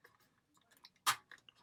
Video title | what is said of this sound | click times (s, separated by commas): Bargain Full Train In A Box? Bachmann 4BEP & 4CEP 410 & 411 EMU in BR SR Green - Unboxing and Review | there you hear that click | 1.5 s